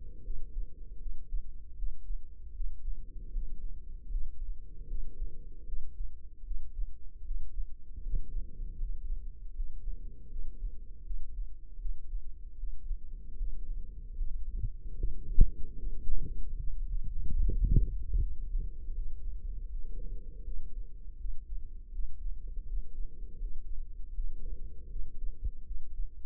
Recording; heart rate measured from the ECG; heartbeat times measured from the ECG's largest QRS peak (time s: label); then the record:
heart sounds by microphone in the left ear; 78 bpm
0.22 s: heartbeat
0.97 s: heartbeat
1.74 s: heartbeat
2.52 s: heartbeat
3.31 s: heartbeat
4.09 s: heartbeat
4.86 s: heartbeat
5.64 s: heartbeat
6.42 s: heartbeat
7.22 s: heartbeat
8.01 s: heartbeat
8.77 s: heartbeat
9.53 s: heartbeat
10.27 s: heartbeat
11.02 s: heartbeat
11.77 s: heartbeat
12.54 s: heartbeat
13.35 s: heartbeat
14.15 s: heartbeat
14.95 s: heartbeat
15.74 s: heartbeat
16.55 s: heartbeat
17.36 s: heartbeat
18.17 s: heartbeat
18.92 s: heartbeat
19.68 s: heartbeat
20.42 s: heartbeat
21.16 s: heartbeat
21.90 s: heartbeat
22.65 s: heartbeat
23.39 s: heartbeat
24.12 s: heartbeat
24.87 s: heartbeat
25.62 s: heartbeat
From the record:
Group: healthy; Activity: rest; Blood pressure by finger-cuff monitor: 106/79 mmHg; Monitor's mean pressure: 89 mmHg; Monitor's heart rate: 79 bpm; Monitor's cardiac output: 5.5 L/min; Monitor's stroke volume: 71 mL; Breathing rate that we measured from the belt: 12 breaths a minute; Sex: female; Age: 32 years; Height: 172 cm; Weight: 71.7 kg